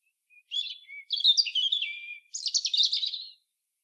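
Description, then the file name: European robin singing three thin, high warbled phrases separated by brief pauses. "Erithacus rubecula"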